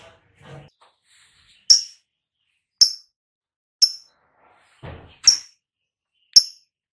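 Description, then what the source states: Lovebird calls: thin, shrill chirps about once a second, with some soft, low rustling sounds between them. Ngekek-style trilling song of a lovebird, described as "auto gacor" (vocalising readily and continuously).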